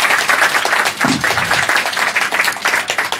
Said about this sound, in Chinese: 我们今天的讲者就是陈冠中先生，我们给点掌声欢迎陈冠中先生。